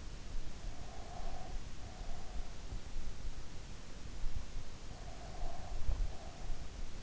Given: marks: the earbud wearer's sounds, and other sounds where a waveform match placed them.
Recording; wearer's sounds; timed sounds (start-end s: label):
sounds in sleep by an in-ear microphone; breath
0.61-2.88 s: breath
4.93-6.97 s: breath